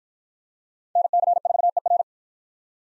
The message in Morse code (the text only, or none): NC4ER